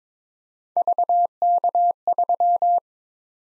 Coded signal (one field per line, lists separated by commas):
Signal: Morse code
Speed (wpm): 22 wpm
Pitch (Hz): 700 Hz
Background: none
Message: VK3